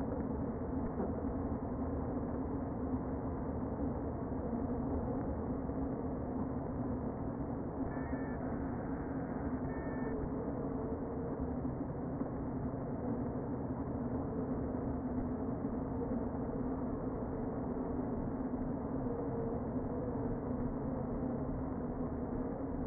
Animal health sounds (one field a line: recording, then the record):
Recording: honeybee colony, microphone inside the hive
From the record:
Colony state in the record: queen present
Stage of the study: before two queens were removed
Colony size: about 60,000 bees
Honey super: yes